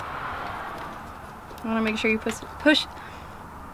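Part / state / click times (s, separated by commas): wiring connector clip into car headlight unit / not seated / none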